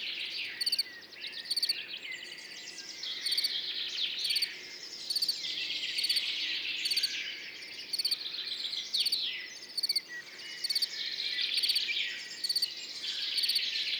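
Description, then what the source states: Field cricket song, crisp pulsed chirps repeating every second or so, accompanied throughout by lively bird song. Singing continuously among orchids after a mild night, morning, 10 June 2019, Montagne du Puy; birds waking in background; Nagra Seven recorder, MKH40 microphone, stereo.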